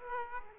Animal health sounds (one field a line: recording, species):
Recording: mosquito wingbeat signal from an infrared sensor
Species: Aedes aegypti